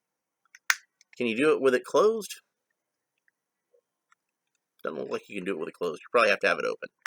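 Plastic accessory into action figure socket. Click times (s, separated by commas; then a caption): 0.7 s. A plastic Starburst accessory is pushed into a socket on a Masters of the Universe Origins Buzzsaw Hordak action figure, giving one loud, sharp click at 0.7 s, with a few faint ticks around it. The accessory seats, though it is later doubted to have gone all the way in. Someone talks before and after.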